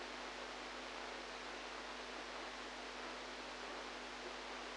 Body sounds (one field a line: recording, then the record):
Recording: brain microelectrode recording played as sound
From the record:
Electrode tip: inside the subthalamic nucleus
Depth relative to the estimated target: -2 mm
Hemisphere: right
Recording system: NeuroSet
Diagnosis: Parkinson's disease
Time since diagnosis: 8 years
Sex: female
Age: 45 years